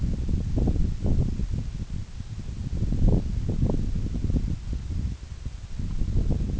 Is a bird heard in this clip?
no